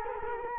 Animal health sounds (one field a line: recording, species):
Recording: mosquito wingbeat signal from an infrared sensor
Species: Culex quinquefasciatus